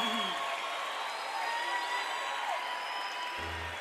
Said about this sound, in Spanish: Acaba una canción. Che, aplaudan con ganas, loco.